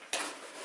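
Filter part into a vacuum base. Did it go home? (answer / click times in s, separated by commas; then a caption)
yes / 0.1 s. The rinsable or replaceable pre-motor filter part of a Zero G floating vacuum cleaner is refitted into the vacuum's floating base, with magnets helping pull it home. A sharp snap at 0.1 s rises well above a low background and trails off into a bright, lingering decay. The filter part is seated in place.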